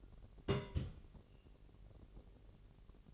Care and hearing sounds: daily activity, microphone in the room; place on stove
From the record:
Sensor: 4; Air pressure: 1002.8 hPa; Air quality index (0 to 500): 237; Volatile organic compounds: 10 ppm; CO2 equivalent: 2221 ppm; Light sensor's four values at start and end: 7/15/6/6 and 7/14/6/6

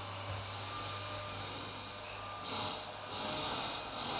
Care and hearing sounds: daily activity, microphone in the room; vacuum cleaning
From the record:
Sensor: 2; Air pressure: 990.9 hPa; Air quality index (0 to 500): 135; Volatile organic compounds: 177 ppm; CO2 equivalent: 4132 ppm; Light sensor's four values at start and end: 21/50/20/20 and 21/50/20/20

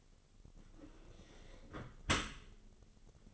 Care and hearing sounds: daily activity, microphone in the room; close dishwasher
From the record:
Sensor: 4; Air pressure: 1003.9 hPa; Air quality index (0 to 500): 148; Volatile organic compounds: 2 ppm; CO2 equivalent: 1058 ppm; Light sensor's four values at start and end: 19/46/19/20 and 19/46/19/20

